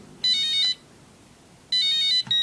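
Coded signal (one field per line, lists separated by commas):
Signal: none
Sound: old mobile phone ringtone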